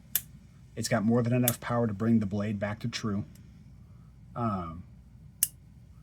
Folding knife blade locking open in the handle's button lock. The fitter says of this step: very satisfying click,